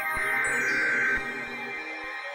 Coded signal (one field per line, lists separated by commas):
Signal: Emergency Alert System (SAME) tones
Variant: header bursts